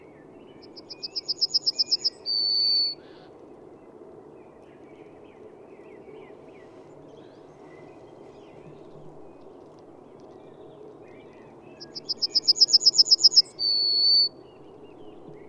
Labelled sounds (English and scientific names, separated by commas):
Yellowhammer (Emberiza citrinella) song